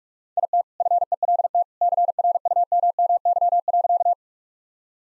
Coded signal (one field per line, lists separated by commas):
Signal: Morse code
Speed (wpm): 41 wpm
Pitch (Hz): 700 Hz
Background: none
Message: IT FELT CRUMMY.